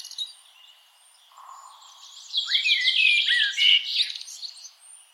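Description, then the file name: Common blackbird giving one phrase of a few sliding whistled notes merged with a dense, high twittering flourish after a quiet start. "Turdus merula"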